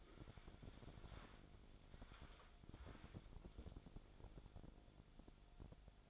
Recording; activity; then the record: daily activity, microphone in the room; wipe stove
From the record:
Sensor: 5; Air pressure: 1000.6 hPa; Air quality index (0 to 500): 155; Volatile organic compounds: 2 ppm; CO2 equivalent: 1190 ppm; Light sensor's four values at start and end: 50/103/48/54 and 49/105/48/54